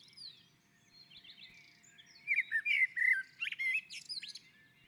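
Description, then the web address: Common blackbird: faint sounds at first, then a mellow warbled phrase that breaks into sharp, high squeaky notes. On the roof. "sammel Naturinspelningar Koltrast på taket"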